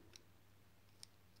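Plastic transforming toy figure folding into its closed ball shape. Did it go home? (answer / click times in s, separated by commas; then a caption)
no / none. A plastic Bakugan Armoured Alliance transforming toy figure has its wings and legs folded toward its closed ball shape, giving two faint, sharp plastic ticks at about 0.2 s and 1.0 s over a steady low hum. The fold is done wrong and does not lock correctly, so nothing has clicked into place yet.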